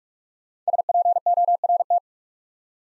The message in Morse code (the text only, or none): SPORT